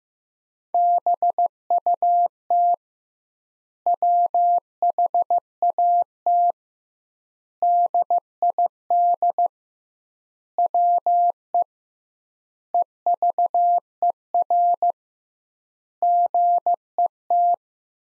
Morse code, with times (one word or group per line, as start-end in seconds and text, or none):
0.7-2.7 BUT
3.9-6.5 WHAT
7.6-9.5 DID
10.6-11.6 WE
12.7-14.9 EVER
16.0-17.5 GET